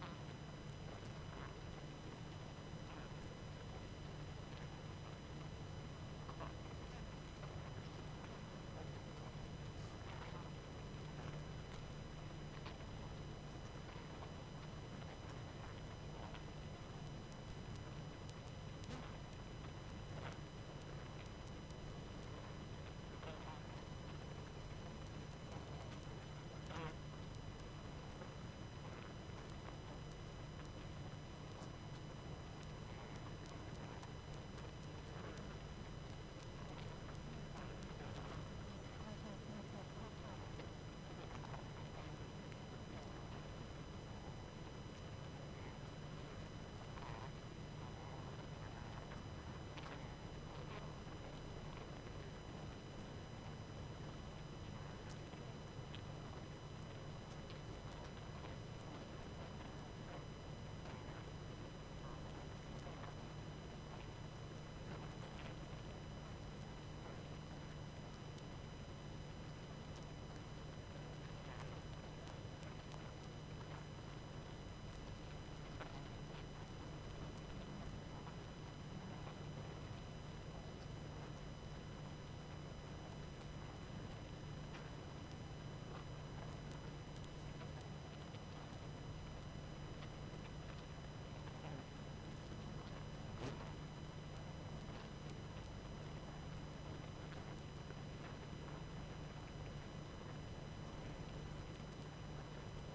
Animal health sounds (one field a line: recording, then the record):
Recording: honeybee colony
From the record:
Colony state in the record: active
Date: 12 June 2018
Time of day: 21:40